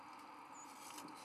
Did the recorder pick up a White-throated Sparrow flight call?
no